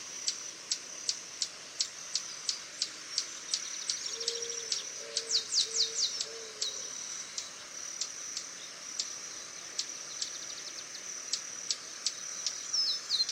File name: Canto do beija flor tesoura